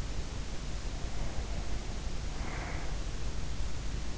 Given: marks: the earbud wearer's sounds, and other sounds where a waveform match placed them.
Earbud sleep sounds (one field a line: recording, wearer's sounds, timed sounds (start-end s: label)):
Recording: sounds in sleep by an in-ear microphone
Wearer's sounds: breath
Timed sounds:
0.00-3.49 s: sound from someone else or the room
0.67-3.49 s: breath